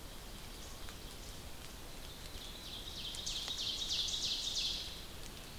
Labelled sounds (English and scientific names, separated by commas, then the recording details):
Ovenbird (Seiurus aurocapilla) song
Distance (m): 55 m
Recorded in boreal forest in Alberta, Canada, on 2 June 2016 at 06:46
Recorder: SongMeter 3, array SBT-3-7
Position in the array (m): 92 m, 90 m
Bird 5